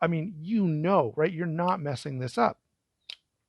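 A Cold Steel folding knife is being handled; the blade has not yet locked into place. Someone talks for most of the clip, and a brief sharp sound follows at 3.1 s. Nothing has seated or clicked yet.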